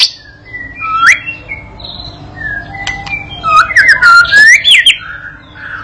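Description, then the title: White-rumped shama sparse, thin whistles, then a short cluster of bright rising whistled notes near the end. Tutor recording (masteran pancingan) for teaching a young bird (paud) to sing persistently (gacor) and answer straight away. "MURAI BATU PAUD BELAJAR GACOR, AJARI DENGAN MASTERAN PANCINGAN INI, PANCING LANGSUNG NYAUT"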